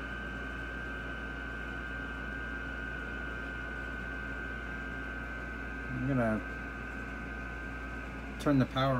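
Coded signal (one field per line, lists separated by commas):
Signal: FT8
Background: speech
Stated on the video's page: FT8 run on a Xiegu G90 under terrible band conditions.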